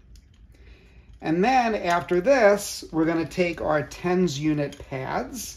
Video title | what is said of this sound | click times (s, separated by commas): TENS unit for Abdomen, GI, Vagus nerve and Ileocecal valve | make sure you put it in and you hear that little Click on each side | 0.2 s, 0.3 s